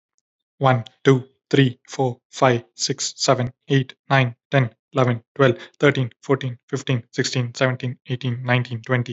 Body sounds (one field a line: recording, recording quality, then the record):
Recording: counting at a fast pace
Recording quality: excellent, no background noise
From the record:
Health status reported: healthy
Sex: male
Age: 21 years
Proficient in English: yes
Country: India